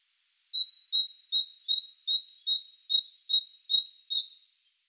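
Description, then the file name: Great tit song: a bright two-note phrase repeated about ten times at a quick, steady pace. "Parus major"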